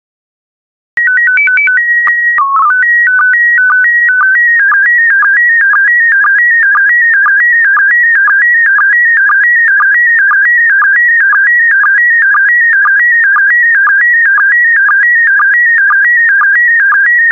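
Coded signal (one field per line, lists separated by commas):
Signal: SSTV (slow-scan television)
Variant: PD 120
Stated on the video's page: SSTV images sent in PD120 mode.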